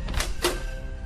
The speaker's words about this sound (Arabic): هاي صوت باب يابا، شكلهم رجعوا.